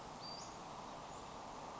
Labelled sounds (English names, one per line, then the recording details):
Western Flycatcher
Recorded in Sonoma County, California